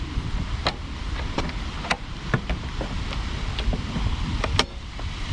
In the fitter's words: Et voilà, vous entendez un clac.